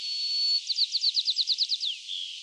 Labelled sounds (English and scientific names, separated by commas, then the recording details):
White-crowned Sparrow (Zonotrichia leucophrys) song
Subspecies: nuttalli
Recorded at McClures Beach, California, in 2014
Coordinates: 38.191, -122.965
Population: north
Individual mclureF_14